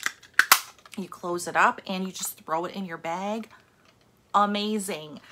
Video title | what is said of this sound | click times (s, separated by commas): 🌳 DOLLAR TREE HAUL - WE HAVE VISITORS! - ALL NEW FINDS! - JUNE 2021 | and it just clicks back in place | 0.4 s